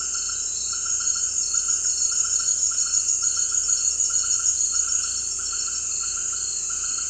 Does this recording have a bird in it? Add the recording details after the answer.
no. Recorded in dense forest near Puerto Asís, Putumayo, Colombia, on 19 February 2024 at 18:00. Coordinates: 0.485, -76.318. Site G6408